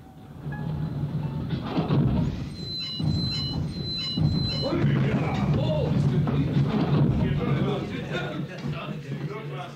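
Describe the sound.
A train brakes hard after its emergency brake is pulled to bring it to a stop: a heavy, steady rumble with shrill, high-pitched wheel squeals cutting in for a couple of seconds, then the grinding noise carries on and gradually eases, with voices mixed in.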